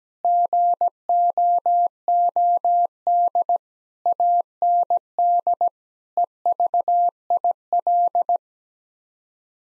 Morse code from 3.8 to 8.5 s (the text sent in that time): AND EVIL